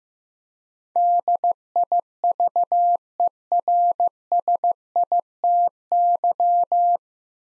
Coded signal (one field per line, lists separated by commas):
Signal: Morse code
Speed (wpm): 15 wpm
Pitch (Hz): 700 Hz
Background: none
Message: DIVERSITY